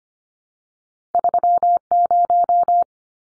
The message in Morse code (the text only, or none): 30